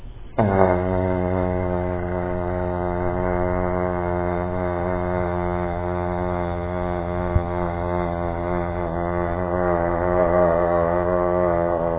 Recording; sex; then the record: sustained vowel /a/; male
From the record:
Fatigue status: fatigue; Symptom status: symptomatic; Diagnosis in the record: COVID-19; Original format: 3gp